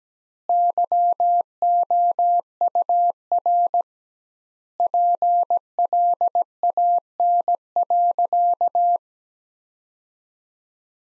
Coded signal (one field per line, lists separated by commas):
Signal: Morse code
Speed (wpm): 17 wpm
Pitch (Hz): 700 Hz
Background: none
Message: YOUR PLAN.